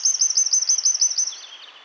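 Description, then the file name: Eurasian wren with a brief, very high trill of evenly repeated notes that fades into softer, lower twitters. "Troglodytes troglodytes"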